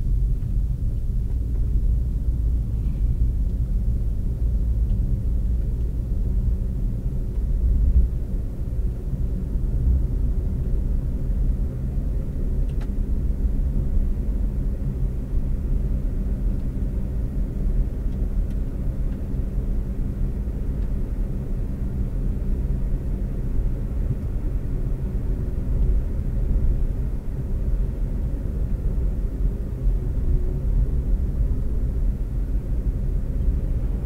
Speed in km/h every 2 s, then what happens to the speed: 31, 35, 40, 45, 48, 52, 55, 58, 61, 63, 66, 68, 68, 64, 61, 58, 58.
0-20 speeds up to 66. 24-30 slows to 58.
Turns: none.